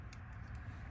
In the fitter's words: Push it all the way forward until you hear it click. Give it a little tug. It should be locked in place.